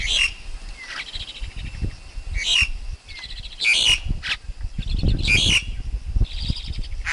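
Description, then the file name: Black-collared Starling singing in short bursts of squeaky, chattering notes with a few thin whistles, separated by low rumbling background noise. Wild forest Black-collared Starling song; recording meant for training young birds to sing. "Tieng chim ca cuong rung tap chim con hot"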